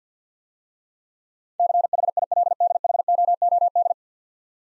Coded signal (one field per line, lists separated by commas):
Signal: Morse code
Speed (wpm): 53 wpm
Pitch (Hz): 700 Hz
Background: none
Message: CHILDHOOD